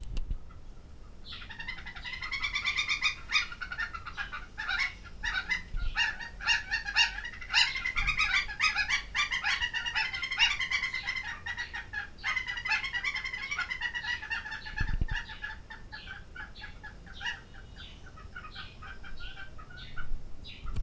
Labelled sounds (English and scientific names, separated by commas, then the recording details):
Wattled Lapwing (Vanellus senegallus)
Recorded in Lake Mburo, Uganda